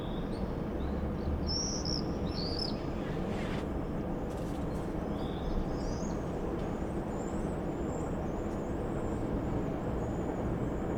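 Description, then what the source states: Common swift screams, thin high-pitched squeals in a few scattered bursts over a steady low rumble. Summer evening in a backyard in Bytom, Poland; many swifts flying around; recorded with Zoom F4 and AT BP4025 microphone.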